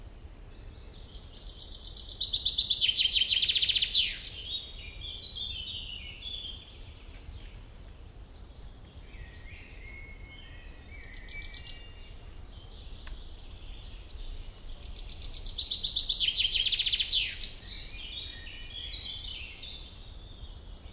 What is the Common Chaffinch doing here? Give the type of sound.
song